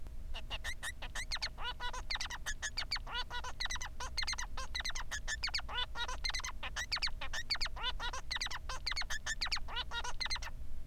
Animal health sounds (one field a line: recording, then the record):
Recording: song of a male Bengalese finch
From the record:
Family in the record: son of father 3